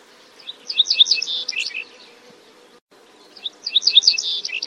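Bird calls in two rapid bursts of jumbled, high chirping notes, separated by a quiet gap.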